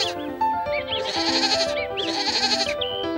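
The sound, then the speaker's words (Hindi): Goats bleat in two long, wavering, high-pitched calls, fairly loud over a steady bed of background music, with short pauses between them, in a Hindi audio telling of Heidi, as Heidi goes to the field with Peter and the goats. “Heidi को हर दिन Peter और बकरियों के साथ खेत में जाना अच्छा लगता था।”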